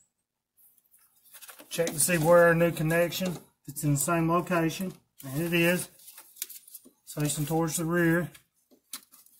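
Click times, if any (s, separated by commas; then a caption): 8.9 s. A wiring harness plug, lined up facing the rear, is pushed down onto a new reverse light switch (sensor) while someone talks. A sharp click sounds at 8.9 s as the connector latches and is seated on the switch.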